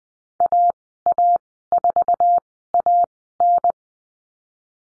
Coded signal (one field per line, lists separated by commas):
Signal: Morse code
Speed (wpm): 20 wpm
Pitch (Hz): 700 Hz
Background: none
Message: AA4AN